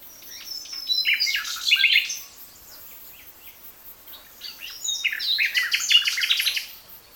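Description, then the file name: Common nightingale song: two dense bursts of varied rapid chirps, trills and high whistled notes separated by a brief quieter pause. "Luscinia megarhynchos"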